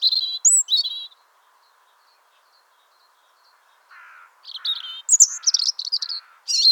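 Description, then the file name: European robin song: sweet, high, varied phrases broken by a silent gap. Four lower buzzy notes come in evenly spaced as the bright trills return. "Erithacus rubecula"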